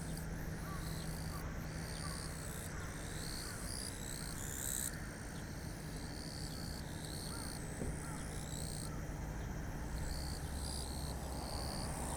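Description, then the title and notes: Japanese bush cricket song: high, buzzy bursts in blocks lasting about a second, several insects overlapping and alternating, above a steady low rumble. Several calling back and forth in daytime heat under blazing sun, same spot as a night recording; 5 August 2020, Kariwa, Niigata, Japan; ZOOM H6 recorder with Sennheiser MKH8020 microphone. "炎天下のキリギリス. 8月5日の夜に録音したのと同じ場所で、日中に録音。炎天下にもかかわらず、キリギリスが元気に鳴き交わしていました。 2020年8月5日 新潟県刈羽村"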